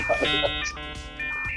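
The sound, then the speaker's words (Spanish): Dial-up modem connecting to the internet: layered electronic beeps and steady high tones that switch pitch every few moments, with scratchy hissing bursts, fairly loud and with no voices. “Sí, ahí está los ruidos de internet.”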